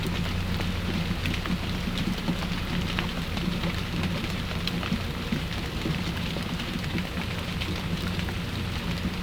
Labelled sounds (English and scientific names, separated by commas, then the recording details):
none
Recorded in pastures near Puerto Asís, Putumayo, Colombia, on 21 December 2024 at 15:00
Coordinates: 0.505, -76.324
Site G063